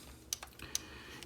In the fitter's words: the heads back in now it doesn't quite want to snap into place properly